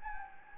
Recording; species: mosquito wingbeat signal from an infrared sensor; Anopheles gambiae